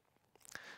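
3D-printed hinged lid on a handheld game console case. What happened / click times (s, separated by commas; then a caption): The hinged lid snapped shut / 0.6 s. A 3D-printed plastic hinged lid on a handheld game console case is shut, with a few faint taps building up before it snaps closed with a sharp click at 0.6 s. The lid seats and stays shut.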